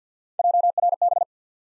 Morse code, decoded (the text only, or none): JRB